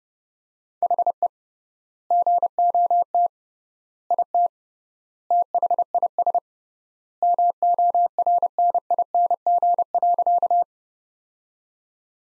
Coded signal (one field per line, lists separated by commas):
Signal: Morse code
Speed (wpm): 29 wpm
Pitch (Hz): 700 Hz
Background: none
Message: HE GOT IT THIS MORNING.